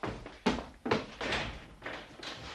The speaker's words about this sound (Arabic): يا حفيظ، من الذي يطرق الباب هكذا؟ انتظر يا من تطرق الباب.